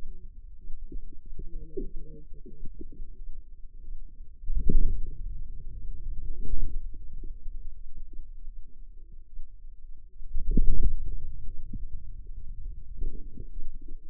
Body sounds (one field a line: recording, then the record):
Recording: forearm muscle sounds (acoustic myography)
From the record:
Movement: hand closing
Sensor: system 2, bracelet of six BSWA MPA416 microphones around the upper forearm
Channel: 6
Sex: female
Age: 25 years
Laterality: right